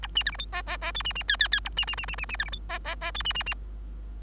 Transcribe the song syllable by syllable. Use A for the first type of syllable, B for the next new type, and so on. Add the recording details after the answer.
A B C D E F F F G B B H H H A B B B B B B C D E F F F G B B B. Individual Bird3